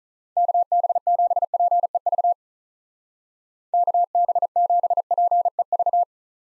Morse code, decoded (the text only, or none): KB7PEV KB7PEV